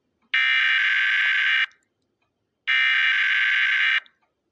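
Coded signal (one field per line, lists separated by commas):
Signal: Emergency Alert System (SAME) tones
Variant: header bursts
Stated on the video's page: Fictional EAS scenario, not a real alert.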